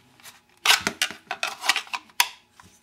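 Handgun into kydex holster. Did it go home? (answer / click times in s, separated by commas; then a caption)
yes / 2.2 s. A handgun is pushed into a Comp-Tac CTAC kydex inside-the-waistband holster, where molded crimps at the trigger guard grip it. A series of scraping and tapping sounds ends in a sharp snap at 2.2 s as the gun seats. The holster is then turned upside down and the gun stays in.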